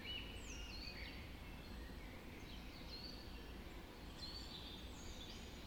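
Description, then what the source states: Birds in a dawn chorus: several thin whistled phrases and slurred notes overlap high up, over a steady low rumble of background noise. Dawn chorus just after dawn in the Forest of Dean.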